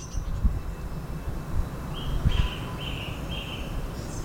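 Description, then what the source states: Bird whistling four clear, even notes in quick succession over constant traffic rumble with a few dull thuds. Recorded in Blackheath.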